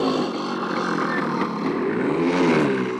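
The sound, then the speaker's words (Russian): A motorcycle engine drones steadily, its pitch climbing as the bike rides into a courtyard, with a continuous rumbling roar and no voices. “Въезжает Савранский на мотоцикле.”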